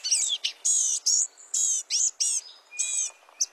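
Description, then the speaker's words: Blue-gray Gnatcatcher scolding calls, a run of short, buzzy, high nasal notes given in quick bursts, with a thin whistled note near the end. Scolding call given while foraging in the forest canopy; common summer residents across much of the U.S. and Mexico. "The tiny songbirds make a scolding call as they forage in the forest canopy."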